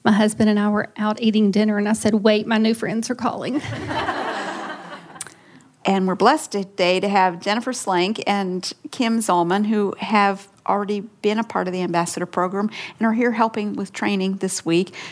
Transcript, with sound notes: My husband and I were out eating dinner, and I said, “Wait, my new friends are calling!” (laughter)
And we’re blessed today to have Jennifer Slenk and Kim Zolman, who have already been a part of the Ambassador program, and are here this week helping with training this week.